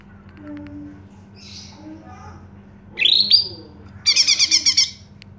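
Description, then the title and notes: Greater green leafbird song: a bright rising whistled sweep, then a quick buzzy trill of repeated high notes lasting about a second, over a low steady hum. Recommended as masteran, a tutor song for training caged cucak ijo. "Suara Burung Cucak Ijo. mantap buat masteran burung cak ijo"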